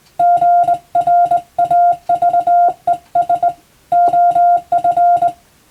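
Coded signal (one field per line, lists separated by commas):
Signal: Morse code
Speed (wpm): 22 wpm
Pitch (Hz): 700 Hz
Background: none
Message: GRAVES OF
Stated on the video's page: Morse receiving practice for the Japanese radiotelegraph operator national exam, using English-language telegram practice text.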